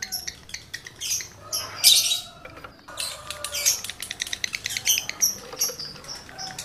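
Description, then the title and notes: Lovebird chattering song, a loud shrill squeal near two seconds, a brief gap, then quick regular clicks and thin squeaky notes to the end. Male lovebird in breeding condition; its call is used to stimulate other lovebirds to sing. "Birahi Lovebird Jantan ke Gacor. Pancingan Suara Lovebird jantan birahi"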